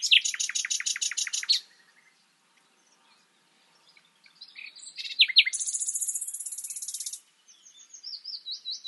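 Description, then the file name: Common nightingale with a fast pulsing trill, a pause, then soft twitters and a long high buzzy rattle, ending with sliding notes. "Luscinia megarhynchos"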